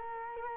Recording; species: mosquito wingbeat signal from an infrared sensor; Culex quinquefasciatus